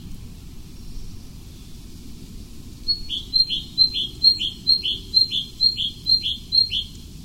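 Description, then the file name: Tit song: after about three seconds of quiet, a bright two-note phrase, high then lower, repeated about ten times quickly and evenly, over a steady low rumble. "Meise"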